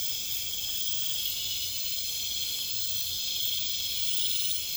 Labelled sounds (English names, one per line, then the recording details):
none
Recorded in pastures near Puerto Asís, Putumayo, Colombia, on 21 December 2024 at 22:00
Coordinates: 0.472, -76.329
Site G072